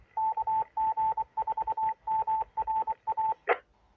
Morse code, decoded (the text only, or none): KG4MRA